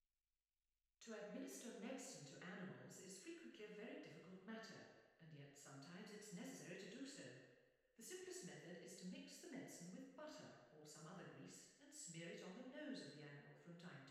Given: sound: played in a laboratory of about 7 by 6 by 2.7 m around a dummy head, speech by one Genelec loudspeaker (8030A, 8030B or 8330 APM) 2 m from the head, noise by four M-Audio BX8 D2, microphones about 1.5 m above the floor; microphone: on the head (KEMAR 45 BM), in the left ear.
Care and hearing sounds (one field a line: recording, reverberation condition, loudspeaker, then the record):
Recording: female speech in English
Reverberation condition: high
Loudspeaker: behind (180 degrees)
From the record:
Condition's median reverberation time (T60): about 1300 ms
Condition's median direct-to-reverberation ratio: about -4.0 dB